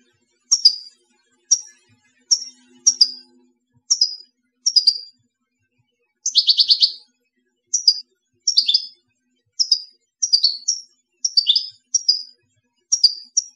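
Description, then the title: European goldfinch repeating bright descending call notes roughly every second, with one buzzy rattling phrase mid-way. "Chant Chardonneret"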